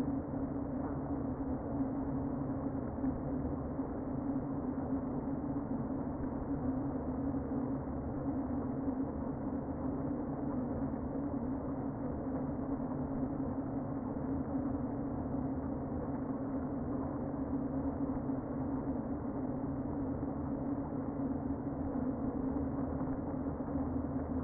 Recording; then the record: honeybee colony, microphone inside the hive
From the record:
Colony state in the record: queen present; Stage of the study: before two queens were removed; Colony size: about 60,000 bees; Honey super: yes